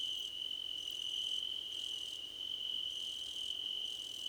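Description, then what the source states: Crickets trilling steadily at a high pitch, with softer chirp bursts coming and going at regular intervals. Crickets, described as a choir competition.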